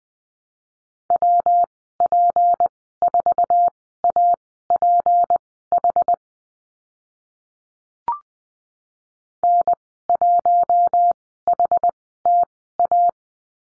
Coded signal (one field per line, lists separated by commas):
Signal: Morse code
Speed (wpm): 20 wpm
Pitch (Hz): 700 Hz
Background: none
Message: WP4APH N1HTA